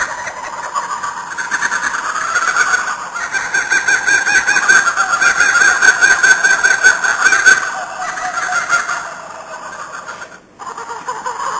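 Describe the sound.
Kookaburra laughing call, raucous rapid cackles that swell to a peak midway, then fall away before a short final burst.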